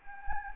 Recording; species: mosquito wingbeat signal from an infrared sensor; Anopheles gambiae